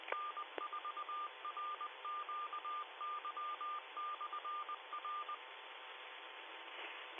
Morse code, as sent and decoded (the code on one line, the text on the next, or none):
-. ....- .-. --.- -.-- -..-. .-.
N4RQY/R